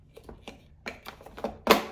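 A plastic part of a BISSELL Little Green Mini portable carpet and upholstery cleaner is lined up with its matching-shaped piece and slid under the body during assembly. Several small plastic taps and scrapes come first, then one louder, sharp click at 1.7 s as the part seats into place.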